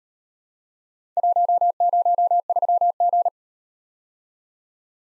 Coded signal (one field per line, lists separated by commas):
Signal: Morse code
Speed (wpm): 38 wpm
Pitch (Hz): 700 Hz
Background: none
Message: 103G